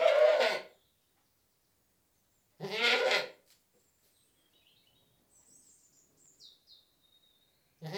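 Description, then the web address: Goat giving loud, harsh bleats, one at the start and another near three seconds, with a faint twittering bird in the gap and a third bleat beginning at the end. British goat bleating. "The BBC Sound Effects Library. British Goat Bleating 1"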